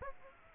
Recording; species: mosquito wingbeat signal from an infrared sensor; Aedes aegypti